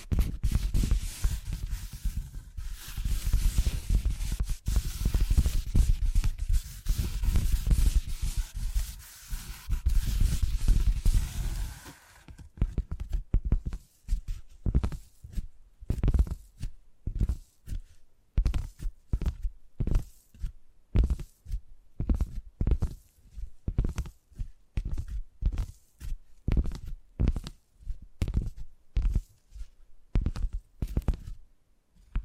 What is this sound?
Brain Tingly Tapping Sounds